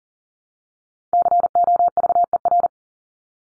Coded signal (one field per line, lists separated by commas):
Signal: Morse code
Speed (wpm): 40 wpm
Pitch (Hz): 700 Hz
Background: none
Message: COVER